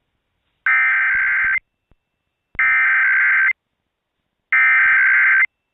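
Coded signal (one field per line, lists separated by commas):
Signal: Emergency Alert System (SAME) tones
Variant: header bursts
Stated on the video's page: Indiana required monthly test from an FM station, received on an Icom R-15; recording compressed the audio.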